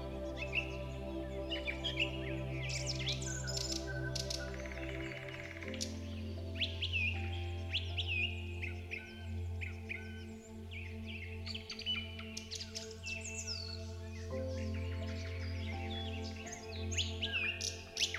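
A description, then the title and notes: Birds sing and chirp continuously in a forest, their quick bright calls overlapping. Beneath them a soft, sustained musical drone holds steady, shifting to new low chords around five seconds and again near fourteen seconds. BIRDSONG and Soothing MUSIC. The melodious singing of birds in a natural forest ambiance. With soft and relaxing background music.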